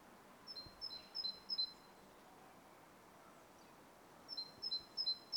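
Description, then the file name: Great tit giving four high two-note phrases in quick succession, a pause, then four more matching phrases, with soft background hiss. "Parus major"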